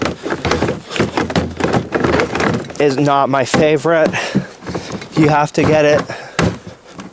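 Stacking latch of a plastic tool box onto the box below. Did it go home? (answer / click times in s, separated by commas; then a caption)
yes / 6.4 s. A modular plastic tool box is set onto the box below it, and once it is lined up, its stacking latch snaps shut with a loud click at 6.4 s, locking it into place. Someone talks throughout, and a few short knocks are heard earlier in the clip.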